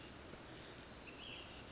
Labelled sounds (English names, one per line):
Ash-throated Flycatcher